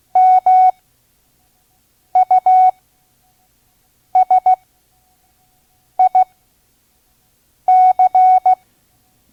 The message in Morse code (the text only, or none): MUSIC